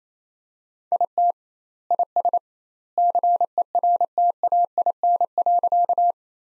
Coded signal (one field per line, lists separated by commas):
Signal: Morse code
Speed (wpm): 28 wpm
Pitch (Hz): 700 Hz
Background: none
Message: IT IS CERTAIN.